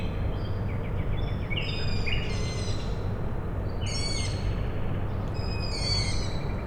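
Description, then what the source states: Owl chicks squeak in short, high bursts a few times over a droning low hum. Owl chicks calling at night, Tuesday 21 May 2019, Michałkowice, Siemianowice Śląskie, Poland; industrial plant in background; Zoom H5, Audio-Technica BP4025.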